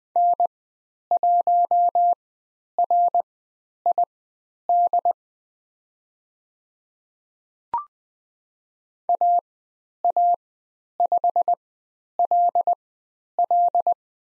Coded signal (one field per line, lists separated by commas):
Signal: Morse code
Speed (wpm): 20 wpm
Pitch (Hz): 700 Hz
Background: none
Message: N1RID AA5LL